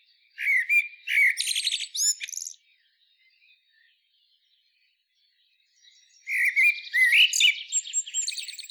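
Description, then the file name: Common blackbird song: a warbled phrase with squeaky high notes, several seconds of quiet, then another rich whistled and twittering phrase. "Turdus merula"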